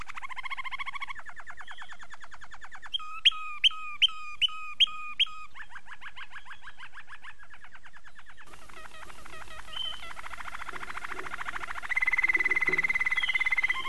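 Domestic canary singing a chain of rapid trills, one strongly pulsed phrase of loud sweeping notes, then dense buzzy rolls ending in a high steady whistle.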